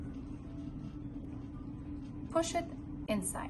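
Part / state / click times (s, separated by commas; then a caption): arm adapter into wiper blade connector / not seated / none. An arm adapter is lined up on a wiper blade connector before being pushed in, while someone talks over a steady low hum. Nothing has seated or clicked yet.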